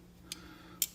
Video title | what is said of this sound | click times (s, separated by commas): Ultra Rare Norwegian Nagant Pistol Part 2 - Assembly | it locks into place there you go | 0.8 s